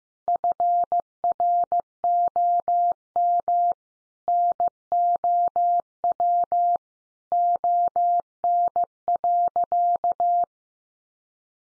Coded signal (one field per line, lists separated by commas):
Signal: Morse code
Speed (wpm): 15 wpm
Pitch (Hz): 700 Hz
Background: none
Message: FROM NOW ON.